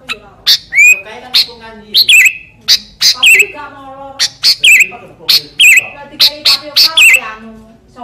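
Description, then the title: Sooty-headed bulbul song of sharp chips alternating with short whistled, slightly falling notes, repeated in quick bursts. "Kutilang"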